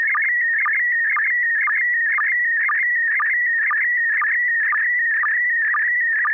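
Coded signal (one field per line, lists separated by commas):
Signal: SSTV (slow-scan television)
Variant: PD120 mode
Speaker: Uh, yeah, I believe I'm ready. Uh, and I have a picture. PD120. >> Go right ahead.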